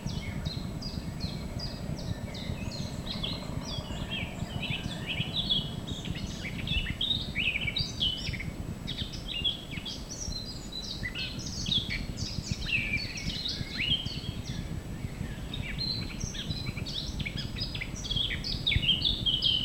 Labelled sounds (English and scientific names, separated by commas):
Eurasian Blackcap (Sylvia atricapilla) song